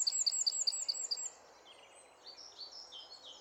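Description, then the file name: Eurasian wren producing a quick series of high, sharp repeated notes for just over a second, then soft faint twitters. "Troglodytes troglodytes"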